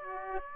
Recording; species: mosquito wingbeat signal from an infrared sensor; Aedes aegypti